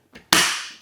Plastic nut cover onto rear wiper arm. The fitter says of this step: it will snap right into place.